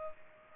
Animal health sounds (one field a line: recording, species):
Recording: mosquito wingbeat signal from an infrared sensor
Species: Culex pipiens